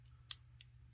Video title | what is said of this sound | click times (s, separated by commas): Two tone seats in your models | And then it just snaps back in like that. | 0.3 s